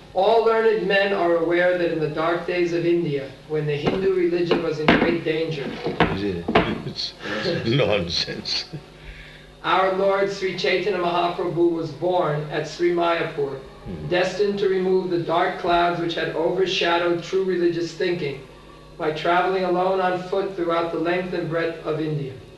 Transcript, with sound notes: All learned men are aware that in the dark days of India when the Hindu religion was in great danger..."
[laughs] This is nonsense.
"...our Lord Śrī Caitanya Mahāprabhu was born at Śrī Māyāpur, destined to remove the dark clouds which had overshadowed true religious thinking by traveling alone on foot throughout the length and breadth of India.